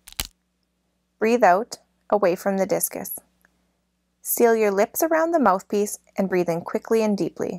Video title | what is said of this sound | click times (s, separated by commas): How to use your Diskus | Slide the lever over until you hear a click | 0.2 s